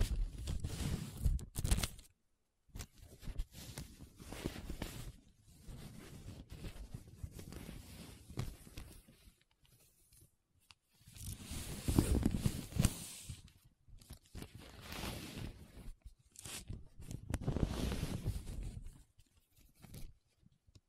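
Paper being rubbed and scratched in uneven bursts of dry, rustling friction, with short silent gaps and a louder scraping stretch around twelve seconds.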